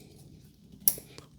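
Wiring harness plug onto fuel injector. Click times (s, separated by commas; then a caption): 0.9 s. A wiring harness plug is pressed onto a fuel injector over a low, steady background rumble. A loud, sharp click at 0.9 s marks the connector clicking in, followed by a fainter tick at about 1.2 s. The injector plug is seated.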